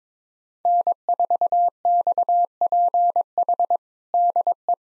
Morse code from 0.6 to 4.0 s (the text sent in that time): N4XPH